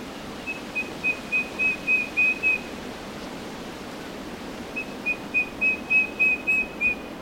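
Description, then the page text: Eastern yellow robin giving two bursts of rapid, evenly spaced whistled piping notes on one pitch, each burst about two seconds long and swelling in volume, with steady hiss between. Recorded in Queensland. "Bird Eastern Yellow Robin Call 01. Birds in Queensland"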